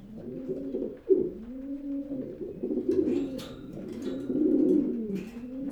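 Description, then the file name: Pigeon cooing, long, low drawn-out coos that dip and rise, with a sharp click near the start. "holub"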